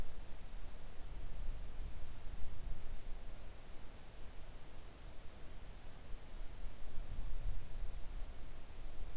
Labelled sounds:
near silence

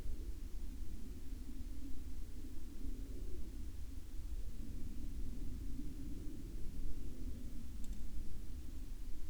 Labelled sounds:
aircraft

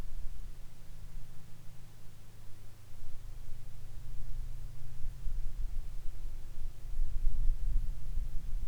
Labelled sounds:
songbird
aircraft
insects

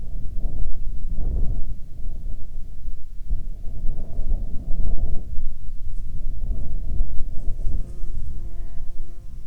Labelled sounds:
wind
insects

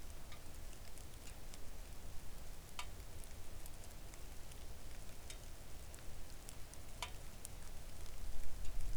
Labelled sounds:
rain

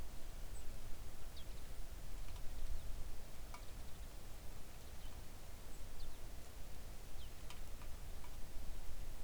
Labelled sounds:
songbird
rain

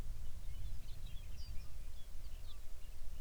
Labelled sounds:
songbird

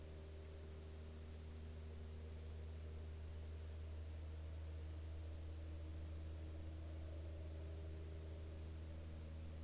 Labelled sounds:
aircraft

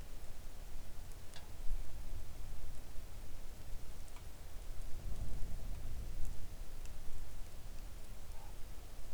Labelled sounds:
bird
rain

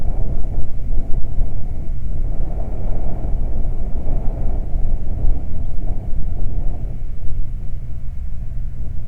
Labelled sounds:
wind

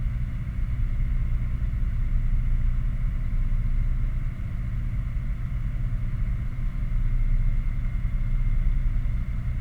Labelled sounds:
machinery
flare stack

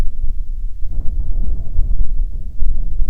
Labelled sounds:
songbird
wind

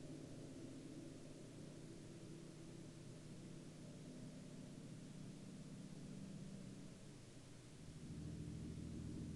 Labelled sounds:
man-made sound

